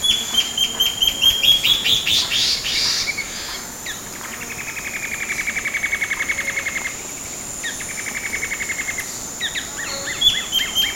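Bird calls: quick high chirps at the start, then long, even, buzzy pulsed trills, and a last burst of sharp notes, over a steady background hiss.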